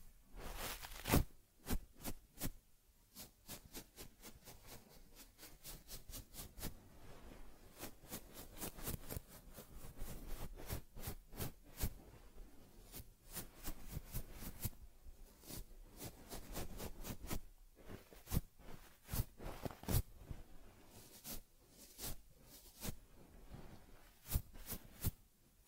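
A teddy bear gets a head massage, facial cleansing, fur combing and ear cleaning. Sharp, crisp clicks and brushing strokes come in quick irregular bursts throughout, some clustered rapidly, others spaced by brief pauses, over a faint low hiss.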